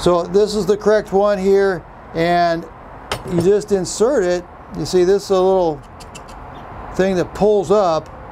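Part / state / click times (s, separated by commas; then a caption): wire size bushing into cable stripper tool head / not seated / none. A correct-size wire bushing for a DeWalt 20V Max DCE151TD1 cordless cable stripper is handled at the tool head while someone talks, with faint handling noises between the words. The bushing is being lined up to go in and be pulled up, but nothing has seated or clicked yet.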